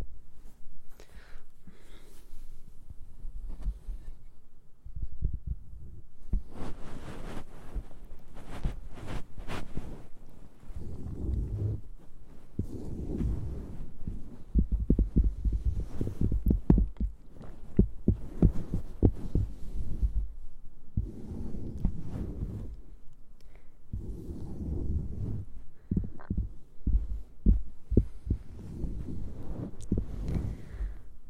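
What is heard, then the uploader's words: ASMR mouth sounds and ear cleaning fill the half minute with dense, irregular clicks, wet pops and soft rubbing. Low, muffled thumps and brushing swell in clusters around 7, 15 and 25 seconds, with brief quieter gaps between bursts and a faint steady hum underneath. ASMR Mouth Sounds Ear Cleaning.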